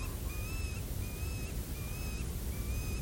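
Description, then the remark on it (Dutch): A black-tailed godwit, the first of the year, calls in a steady series of about four drawn-out, nasal, mid-high notes, evenly spaced, over a constant low rumble of background noise. “Ik hoor de gutto zingen.”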